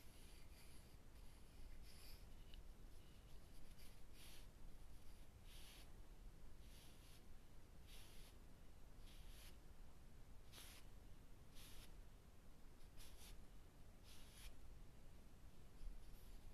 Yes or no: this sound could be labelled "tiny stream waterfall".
no